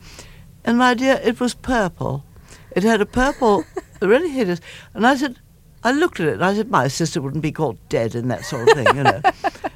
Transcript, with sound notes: And, my dear, it was purple. It had a purple...
(Laughter).
...Really hideous. And I said - I looked at it, and I said, my sister wouldn't be caught dead in that sort of thing, you know?